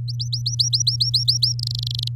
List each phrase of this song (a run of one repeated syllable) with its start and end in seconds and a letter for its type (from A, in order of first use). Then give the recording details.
0.08-1.53 A, 1.59-2.08 B. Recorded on 8 May 2018 at 12:14. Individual llb16